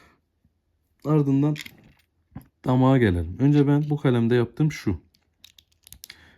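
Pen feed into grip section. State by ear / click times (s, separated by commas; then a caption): seated / 6.0 s. Someone talks, then fits the feed of a metal Kaweco Original 250 fountain pen into its grip section during disassembly and maintenance. A few faint clicks lead into a sharp snap at 6.0 s as the feed seats on the first try.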